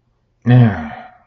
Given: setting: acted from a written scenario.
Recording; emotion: vocal sound without words; disgust